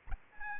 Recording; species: mosquito wingbeat signal from an infrared sensor; Aedes albopictus